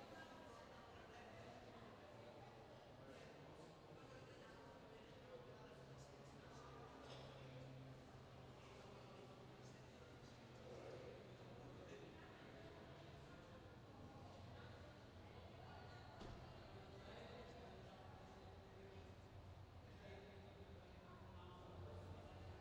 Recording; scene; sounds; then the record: everyday scene through a hearing-aid microphone; reverberant space; background noise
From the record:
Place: railway station hall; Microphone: in the ear canal, left